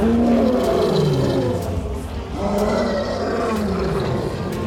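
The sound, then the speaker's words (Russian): A lion standing on a rock ledge in the rain opens its mouth wide and lets out a deep, rumbling roar as lionesses join in, their loud overlapping roars swelling and rising in pitch in a continuous chorus with no talking. “Сдержанно улыбнувшись, широко открывает пасть. Ему вторят львицы.”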